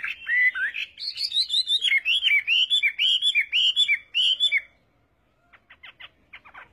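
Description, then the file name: Chinese hwamei singing a fast string of looping, slurred whistles for over four seconds, followed after a pause by a few soft clipped notes. "Tieng hoa mi hot"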